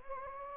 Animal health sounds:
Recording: mosquito wingbeat signal from an infrared sensor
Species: Anopheles gambiae

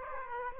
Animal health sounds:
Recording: mosquito wingbeat signal from an infrared sensor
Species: Aedes aegypti

